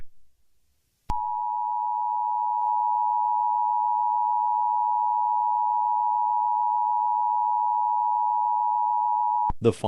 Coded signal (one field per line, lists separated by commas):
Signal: Emergency Alert System (SAME) tones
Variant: 853 and 960 Hz attention tone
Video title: EAS Scenario - The “Housefire” (SNEEK PEEK)